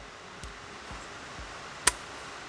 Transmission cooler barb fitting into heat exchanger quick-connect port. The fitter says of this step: oh okay so that will click into here like so